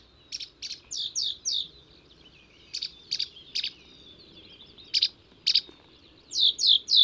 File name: suara kicauan burung marsh warbler. omkicau